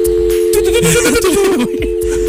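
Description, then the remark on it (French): A steady, unbroken telephone dial tone hums throughout, with brief wavering electronic tones and bursts of line noise layered over it, suggesting number dialing. “J'aurais besoin d'un bruit de téléphone.”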